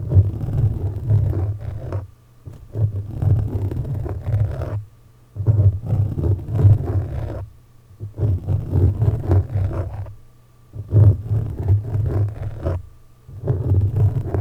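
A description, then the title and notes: Sharp objects scratch against a microphone in bursts of roughly two seconds, with short silent gaps around 2, 5, 8, 10 and 13 seconds. The scraping is close and rough, dominated by a heavy low rumble, with grittier scratchy detail above it. ASMR Mic Scratching With Sharp Objects.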